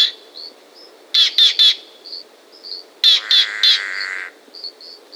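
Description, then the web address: Green jay calls: bursts of three harsh, ringing notes, then a rasping buzzy phrase, over a steady background hiss with faint softer chirps. South America. "Natures Songs S America Green Jay"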